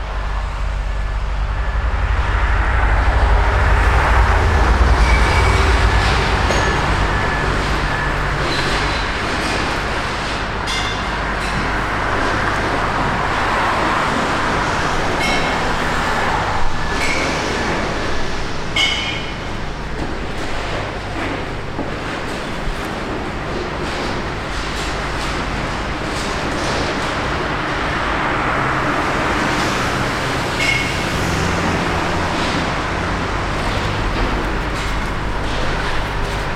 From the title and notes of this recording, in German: Die Soundscape vom Befreiungsdenkmal am Landhausplatz in Innsbruck.